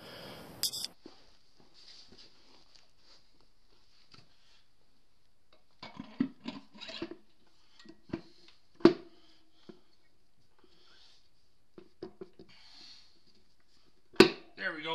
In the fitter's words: hear it click like three times it's pushed in fully I think